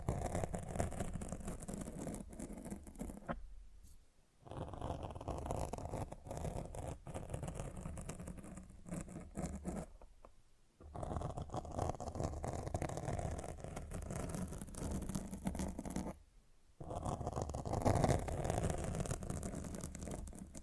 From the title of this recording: Mic Scratching